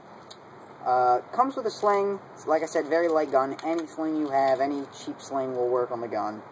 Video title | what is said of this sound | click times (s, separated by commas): Blackwater M4 AEG Review | This just clicks back in, fairly simple. | 0.3 s